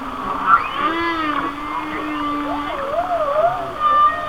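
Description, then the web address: Whale song: a long low steady moan beneath higher wavering, undulating tones that rise and fall, over a constant faint hiss. "Natures Songs Whale Songs Whale Songs"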